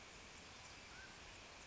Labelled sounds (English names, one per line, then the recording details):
Mountain Quail
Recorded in Sonoma County, California